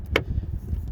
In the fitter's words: there you go clicked into place oh